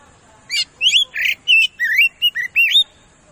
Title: KACER NGOTOT FULL TEMBAKAN. Suara Pancingan Kacer Ngeplong Gacor Santai Manggil Lawan